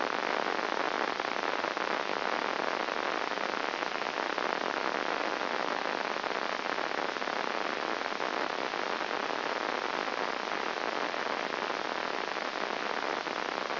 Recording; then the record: brain microelectrode recording played as sound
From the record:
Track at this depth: outside the subthalamic nucleus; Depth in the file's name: 0.306 mm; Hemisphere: left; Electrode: 2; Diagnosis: Parkinson's disease